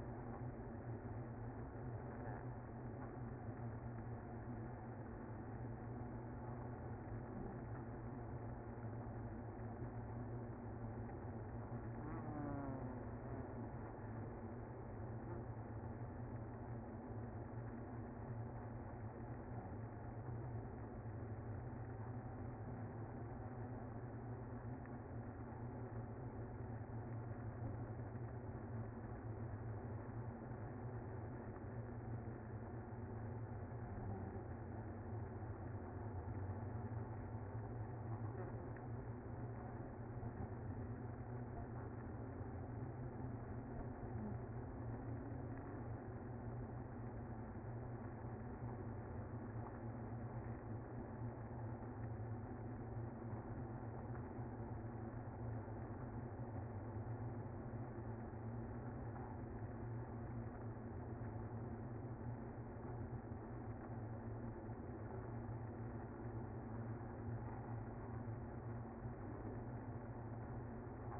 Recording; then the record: honeybee colony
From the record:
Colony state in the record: active